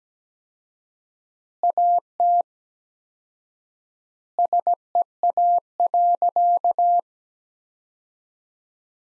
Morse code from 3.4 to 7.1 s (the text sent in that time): SEA.